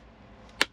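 A car smart screen, the Atoto P9, is popped into its mount. After quiet low background noise, a single sharp click sounds at 0.6 s as the screen seats in place.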